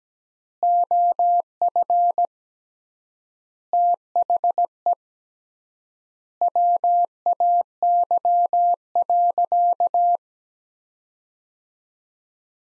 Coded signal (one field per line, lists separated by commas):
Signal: Morse code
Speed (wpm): 17 wpm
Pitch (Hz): 700 Hz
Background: none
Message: OF THE WAY.